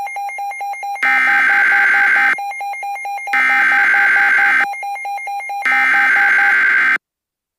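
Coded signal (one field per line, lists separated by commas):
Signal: Emergency Alert System (SAME) tones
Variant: header bursts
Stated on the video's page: Mock EAS alert, a simulated scenario, not a real activation.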